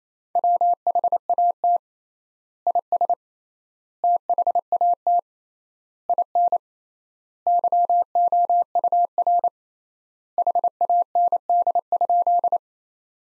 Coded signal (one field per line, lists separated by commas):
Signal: Morse code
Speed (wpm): 28 wpm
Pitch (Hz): 700 Hz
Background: none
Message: WHAT IS THAT IN YOUR HAND?